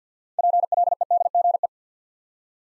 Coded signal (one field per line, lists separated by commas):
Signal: Morse code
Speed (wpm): 50 wpm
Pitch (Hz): 700 Hz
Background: none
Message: PLEDGE